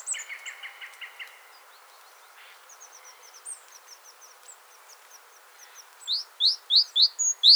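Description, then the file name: Great tit calls: five loud upslurred chips close together at the end, after a fast mid-pitched trill and a string of thin high notes. "Parus major"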